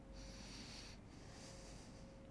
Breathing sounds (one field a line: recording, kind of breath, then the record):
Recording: one breath in and out by a microphone near the nose and mouth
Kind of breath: deep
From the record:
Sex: male